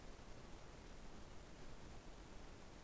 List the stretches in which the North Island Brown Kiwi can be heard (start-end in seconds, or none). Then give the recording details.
none. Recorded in New Zealand on 21 November 2014. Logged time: 02:28. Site CL78